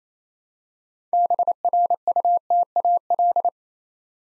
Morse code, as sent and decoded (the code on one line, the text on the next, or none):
-... .-. ..- - .- .-..
BRUTAL